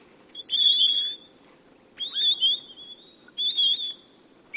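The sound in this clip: Bird calling with high, slurred, warbling phrases, each under a second long and repeated several times with pauses, over faint steady background noise.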